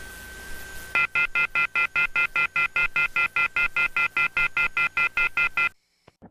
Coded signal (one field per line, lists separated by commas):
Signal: telephone call progress tone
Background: music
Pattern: off-hook warning tone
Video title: EAS Scenario: Nikitolas channel Shutdown